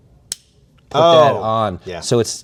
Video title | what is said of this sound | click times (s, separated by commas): Hot Wheels SNEAK PEEKS! More RLC Updates (& a Hypercar Cameo) | And there's a nice click to it. | 0.3 s